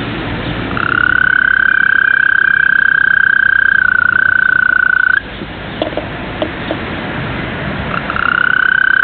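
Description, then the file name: European green toad giving a long, steady, high trill of about four seconds, then a pause and a second trill starting near the end, over low background hiss. "Rospo smeraldino (Bufo viridis)"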